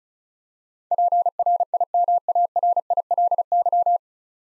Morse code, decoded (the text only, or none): PRIMARILY